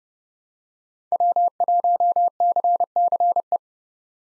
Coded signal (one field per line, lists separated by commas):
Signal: Morse code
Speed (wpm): 30 wpm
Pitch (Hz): 700 Hz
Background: none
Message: W1CCE